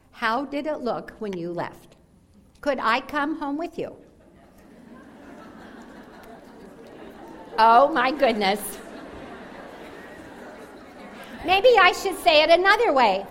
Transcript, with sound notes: How did it look when you left? Could I come home with you?” (Sounds of laughter) Oh, my goodness. Maybe I should say it another way: